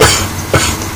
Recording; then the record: coughing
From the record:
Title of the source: Dry Coughing Fit in the Afternoon.